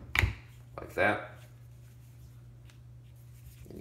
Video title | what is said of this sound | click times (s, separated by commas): NEEWER Gimbal Tripod Head Disassembly & Re-lube | then this just pops into place here like | 0.2 s